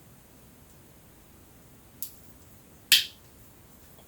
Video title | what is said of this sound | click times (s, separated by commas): Unboxing T.bone USB microphone | you hear that little click | 2.0 s